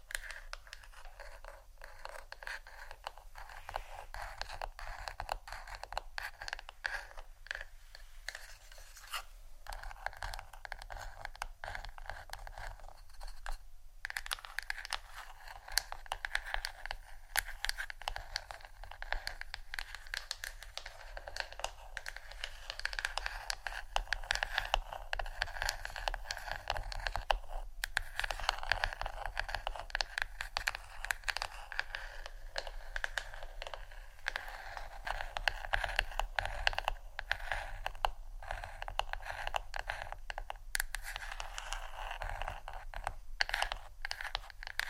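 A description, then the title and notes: Hair brush and comb sounds: dense, steady scratching and scraping strokes, bright and crackly, continuing without pause, with occasional sharper swipes throughout. ASMR Hair Brush & Comb Sounds （No Talking）.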